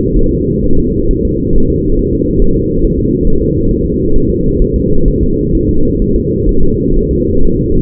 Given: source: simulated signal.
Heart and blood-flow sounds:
fetal heart sounds
0.17 s: S1
0.31 s: S2
0.64 s: S1
0.79 s: S2
1.11 s: S1
1.25 s: S2
1.56 s: S1
1.70 s: S2
1.99 s: S1
2.14 s: S2
2.42 s: S1
2.56 s: S2
2.84 s: S1
2.99 s: S2
3.27 s: S1
3.42 s: S2
3.71 s: S1
3.85 s: S2
4.16 s: S1
4.30 s: S2
4.62 s: S1
4.76 s: S2
5.08 s: S1
5.23 s: S2
5.55 s: S1
5.69 s: S2
6.02 s: S1
6.16 s: S2
6.49 s: S1
6.63 s: S2
6.97 s: S1
7.11 s: S2
7.45 s: S1
7.59 s: S2
From the record:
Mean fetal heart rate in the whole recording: 130 bpm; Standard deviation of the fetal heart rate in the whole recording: 4 bpm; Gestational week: 38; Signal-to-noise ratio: -19.1 dB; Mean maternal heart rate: 72 bpm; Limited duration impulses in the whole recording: present

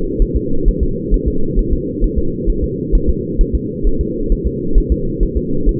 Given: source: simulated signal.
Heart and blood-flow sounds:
fetal heart sounds
0.22 s: S1
0.36 s: S2
0.68 s: S1
0.83 s: S2
1.14 s: S1
1.28 s: S2
1.59 s: S1
1.73 s: S2
2.04 s: S1
2.19 s: S2
2.50 s: S1
2.64 s: S2
2.95 s: S1
3.09 s: S2
3.41 s: S1
3.55 s: S2
3.87 s: S1
4.01 s: S2
4.32 s: S1
4.47 s: S2
4.78 s: S1
4.92 s: S2
5.23 s: S1
5.37 s: S2
5.69 s: S1
From the record:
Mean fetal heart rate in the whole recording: 130 bpm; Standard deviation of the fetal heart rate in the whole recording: 4 bpm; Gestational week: 38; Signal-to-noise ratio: -8.1 dB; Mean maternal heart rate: 72 bpm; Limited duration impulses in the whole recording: absent

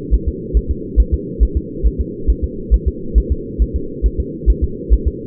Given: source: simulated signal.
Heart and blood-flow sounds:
fetal heart sounds
0.14 s: S1
0.28 s: S2
0.57 s: S1
0.71 s: S2
1.00 s: S1
1.14 s: S2
1.43 s: S1
1.57 s: S2
1.87 s: S1
2.01 s: S2
2.30 s: S1
2.44 s: S2
2.74 s: S1
2.88 s: S2
3.18 s: S1
3.32 s: S2
3.62 s: S1
3.76 s: S2
4.06 s: S1
4.20 s: S2
4.50 s: S1
4.64 s: S2
4.94 s: S1
5.08 s: S2
From the record:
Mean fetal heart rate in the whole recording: 140 bpm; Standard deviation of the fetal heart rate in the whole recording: 2 bpm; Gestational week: 34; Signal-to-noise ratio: -4.3 dB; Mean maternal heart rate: 72 bpm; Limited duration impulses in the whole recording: absent

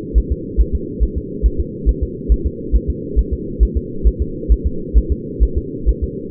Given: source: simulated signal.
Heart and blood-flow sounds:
fetal heart sounds
0.18 s: S1
0.32 s: S2
0.61 s: S1
0.75 s: S2
1.03 s: S1
1.17 s: S2
1.46 s: S1
1.60 s: S2
1.89 s: S1
2.03 s: S2
2.32 s: S1
2.46 s: S2
2.75 s: S1
2.90 s: S2
3.19 s: S1
3.33 s: S2
3.63 s: S1
3.77 s: S2
4.07 s: S1
4.22 s: S2
4.52 s: S1
4.66 s: S2
4.98 s: S1
5.12 s: S2
5.43 s: S1
5.58 s: S2
5.89 s: S1
6.04 s: S2
From the record:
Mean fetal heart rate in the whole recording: 135 bpm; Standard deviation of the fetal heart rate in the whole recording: 3 bpm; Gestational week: 34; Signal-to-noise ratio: -4.3 dB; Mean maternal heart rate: 72 bpm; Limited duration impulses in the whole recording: absent

